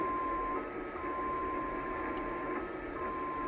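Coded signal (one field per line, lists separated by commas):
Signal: numbers station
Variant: XPA2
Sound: steady whistle-like tone near 1 kHz, briefly stepping higher, then returning, over hiss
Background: radio static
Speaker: You can hear the tones coming in. So, the tones will go on for about 2 minutes and then the audio will um change to the signal itself and you can see up here it's found the start tones on Rivet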